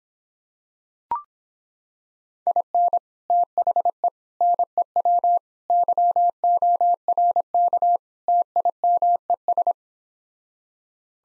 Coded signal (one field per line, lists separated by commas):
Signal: Morse code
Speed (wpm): 26 wpm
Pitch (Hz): 700 Hz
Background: none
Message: IN THE NEW YORK TIMES